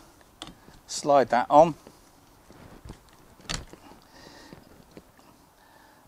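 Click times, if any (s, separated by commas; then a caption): none. A wiper blade is slid onto the hook-type wiper arm of a 2018–2023 Hyundai Kona while someone talks, with a few faint, short sharp knocks, the strongest near 0.4 and 3.5 seconds. The blade's plastic adaptor has not clicked into place yet; it needs more force.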